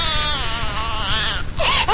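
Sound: baby crying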